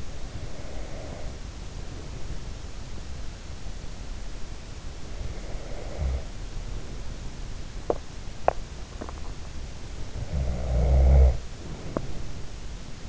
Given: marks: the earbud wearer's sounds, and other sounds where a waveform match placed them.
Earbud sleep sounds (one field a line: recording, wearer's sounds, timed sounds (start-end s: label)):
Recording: sounds in sleep by an in-ear microphone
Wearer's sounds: breath, teeth grinding, swallowing, snoring breath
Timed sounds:
0.00-2.37 s: breath
4.58-7.25 s: breath
7.57-8.83 s: teeth grinding
8.83-9.36 s: swallowing
9.85-13.09 s: snoring breath